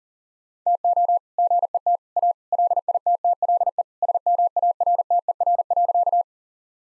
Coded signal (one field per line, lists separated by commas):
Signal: Morse code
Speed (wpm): 40 wpm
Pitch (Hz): 700 Hz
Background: none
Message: TO GET A LITTLE SMARTER.